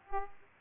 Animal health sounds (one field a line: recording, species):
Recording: mosquito wingbeat signal from an infrared sensor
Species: Aedes aegypti